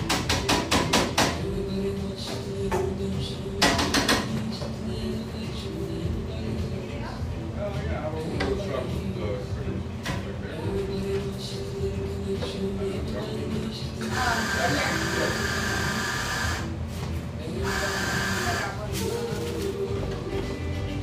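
Café sounds with a steady murmur of overlapping voices, sharp clatters early on, and a loud hissing burst around fourteen to seventeen seconds.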